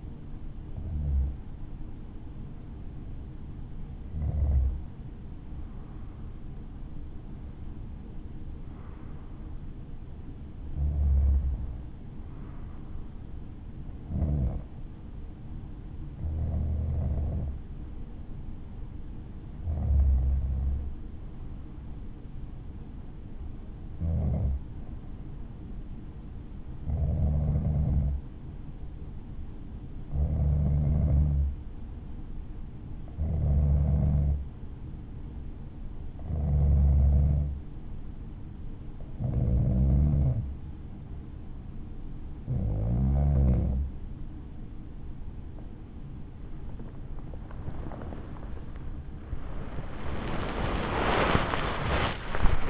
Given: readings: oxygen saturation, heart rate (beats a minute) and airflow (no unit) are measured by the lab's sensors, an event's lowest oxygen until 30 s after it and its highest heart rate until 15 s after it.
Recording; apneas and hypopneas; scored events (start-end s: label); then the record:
breathing in sleep by a smartphone at the bedside; 1
27.00-46.90 s: hypopnea (N2, oxygen 96% highest, then 95% lowest, heart rate 55 at the start, 84 highest)
35.00-52.70 s: new sleep stage, awake
39.00-52.70 s: awake
From the record:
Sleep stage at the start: N2 (light sleep); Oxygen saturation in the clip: 94 to 96%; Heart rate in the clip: 53 to 76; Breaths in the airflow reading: 16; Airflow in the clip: -9.7 to 10.8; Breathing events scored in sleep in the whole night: 216 in 7.0 hours asleep